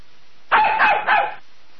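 A puppy lets out a quick burst of about three high, yappy barks that run together, loud and alone against a faint steady hiss.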